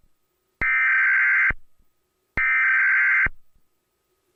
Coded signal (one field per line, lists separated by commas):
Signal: Emergency Alert System (SAME) tones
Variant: header bursts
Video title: EAS gets Angry on WCBSN (2016) (WARNING: CONTAINS CURSE WORDS)